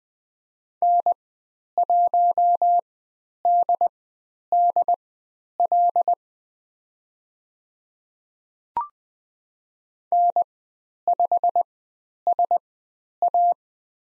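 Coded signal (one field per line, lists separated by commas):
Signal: Morse code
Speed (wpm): 20 wpm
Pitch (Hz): 700 Hz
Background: none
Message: N1DDL N5SA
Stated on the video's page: Morse code course lesson on the letter U with call sign practice, Farnsworth speed 20/10 wpm.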